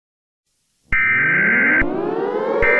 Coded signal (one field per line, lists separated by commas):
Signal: Emergency Alert System (SAME) tones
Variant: header bursts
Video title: Eas scenario 8 SCP monsters (read description)